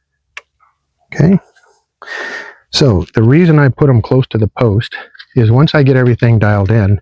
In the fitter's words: Push this in until it snaps in place.